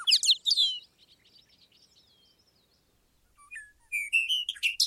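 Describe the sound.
Bobolink: bubbling high songbird notes in short bursts at the start and end, with a quieter thin warbling passage between.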